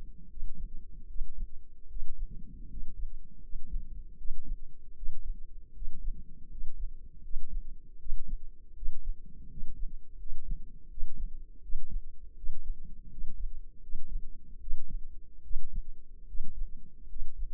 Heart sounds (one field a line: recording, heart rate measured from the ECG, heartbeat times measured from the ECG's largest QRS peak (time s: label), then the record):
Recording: heart sounds by microphone in the left ear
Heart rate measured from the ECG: 79 bpm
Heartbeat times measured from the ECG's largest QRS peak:
0.27 s: heartbeat
1.05 s: heartbeat
1.86 s: heartbeat
2.67 s: heartbeat
3.39 s: heartbeat
4.15 s: heartbeat
4.93 s: heartbeat
5.72 s: heartbeat
6.47 s: heartbeat
7.20 s: heartbeat
7.96 s: heartbeat
8.72 s: heartbeat
9.47 s: heartbeat
10.16 s: heartbeat
10.87 s: heartbeat
11.59 s: heartbeat
12.33 s: heartbeat
13.07 s: heartbeat
13.79 s: heartbeat
14.58 s: heartbeat
15.40 s: heartbeat
16.24 s: heartbeat
17.06 s: heartbeat
From the record:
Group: healthy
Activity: rest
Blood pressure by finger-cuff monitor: 100/55 mmHg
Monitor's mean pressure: 66 mmHg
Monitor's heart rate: 80 bpm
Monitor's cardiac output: 6 L/min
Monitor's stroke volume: 75 mL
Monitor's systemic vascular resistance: 800 dyn s/cm5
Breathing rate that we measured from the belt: 17 breaths a minute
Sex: male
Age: 20 years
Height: 167 cm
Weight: 61 kg